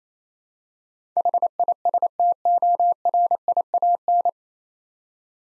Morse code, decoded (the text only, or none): HISTORIAN